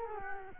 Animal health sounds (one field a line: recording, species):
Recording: mosquito wingbeat signal from an infrared sensor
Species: Culex quinquefasciatus